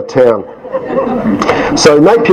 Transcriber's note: chuckles